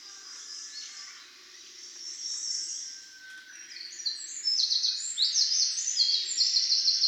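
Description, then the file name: Eurasian wren song: a loud, fast, high trilling series of buzzy notes that builds through the second half, over a steady background hiss and low hum. "Troglodytes troglodytes"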